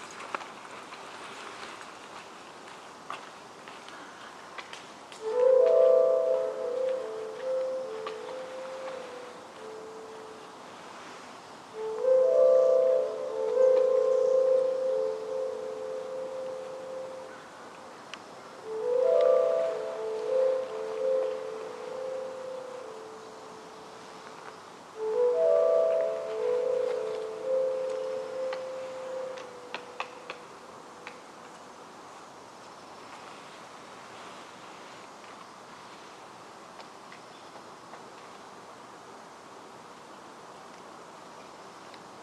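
In Forest Park's Upper Macleay section, a low, tonal call repeats four times, at about 5, 12, 19 and 25 seconds, each phrase lasting several seconds with wavering, slightly stepped pitches. Between and after the calls, a faint steady hiss fills the quiet.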